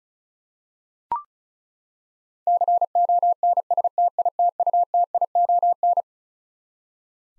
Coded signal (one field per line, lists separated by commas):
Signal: Morse code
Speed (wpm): 36 wpm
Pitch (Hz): 700 Hz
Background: none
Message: CONSTITUTION